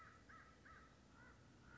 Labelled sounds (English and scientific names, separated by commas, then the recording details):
American Crow (Corvus brachyrhynchos)
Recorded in Sonoma County, California